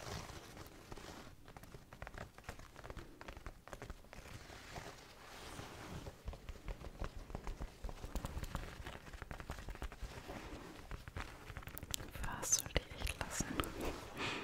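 Slow tapping sounds as a stream of short, dry taps over a low, rough background. The taps come irregularly and sparsely at first, then grow denser and a little louder after the middle, with the sharpest hits near the end.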